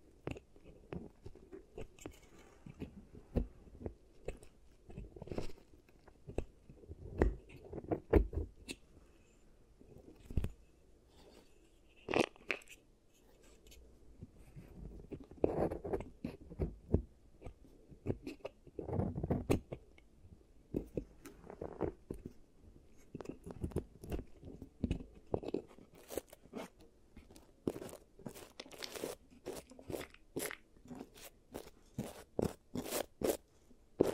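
Crunching, chewing-like sounds accompany an ASMR giant teeth treatment, with dense clusters of crackly taps and scrapes. Sharp bright clicks come frequently, growing quicker and crisper after about 25 seconds, over a low soft rumble.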